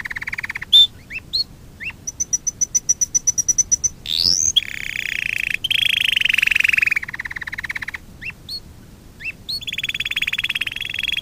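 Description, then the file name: Domestic canary song mixing short chirps, a clicking rattle, a sweeping rising whistle and rolling trills, with brief gaps between phrases. Fife canary. "kenari-fife-v 2-omkicau"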